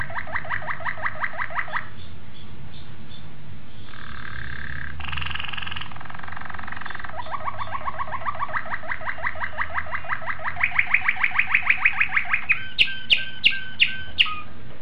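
Domestic canary song of successive rapid trills that change pitch every second or two, ending in sharp repeated chips, with a low hum underneath.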